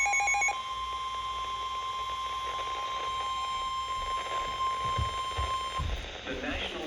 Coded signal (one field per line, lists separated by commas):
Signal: Emergency Alert System (SAME) tones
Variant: 1050 Hz attention tone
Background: speech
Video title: Thank you have a good day (EAS Alerts from 9/6/24)